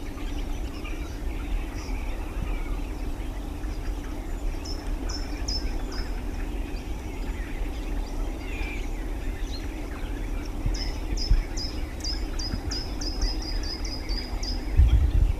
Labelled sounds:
Short-toed Treecreeper

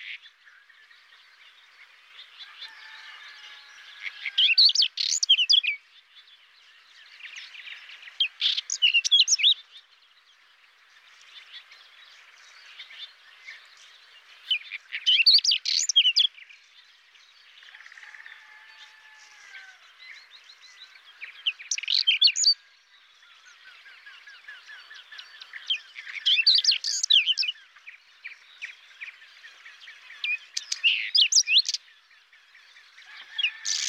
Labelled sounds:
Whinchat song

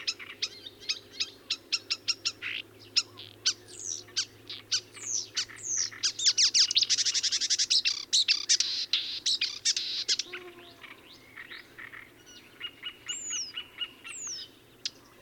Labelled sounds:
Marsh Warbler song

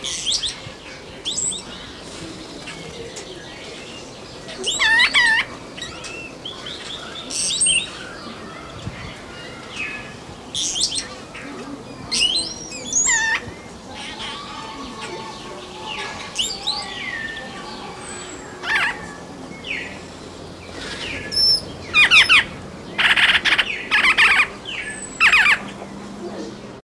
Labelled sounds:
Southern White-crowned Shrike call

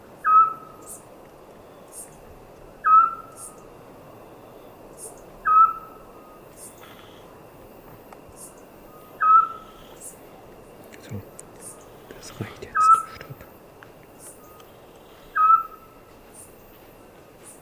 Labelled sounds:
Eurasian Scops Owl

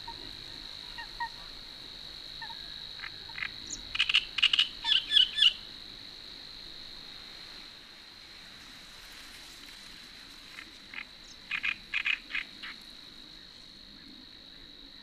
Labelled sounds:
Great Reed Warbler song

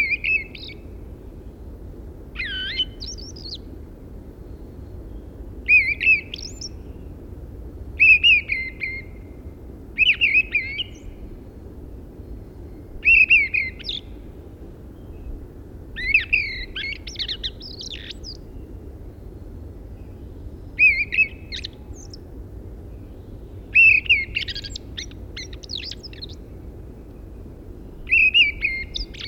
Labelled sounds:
Fieldfare song

